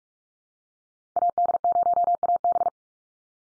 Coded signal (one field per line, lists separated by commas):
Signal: Morse code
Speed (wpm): 44 wpm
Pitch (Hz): 700 Hz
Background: none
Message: AD0AB